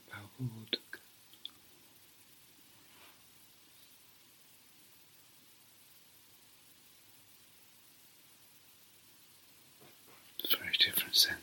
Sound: whispers

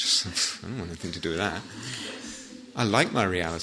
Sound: laughter

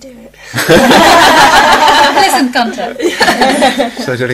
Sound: laughter

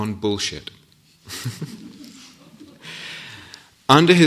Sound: laughter

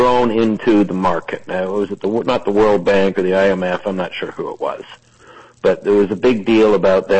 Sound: none

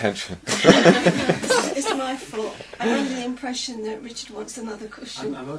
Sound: yogis talking; laughter

